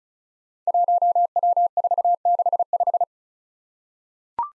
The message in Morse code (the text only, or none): 1W465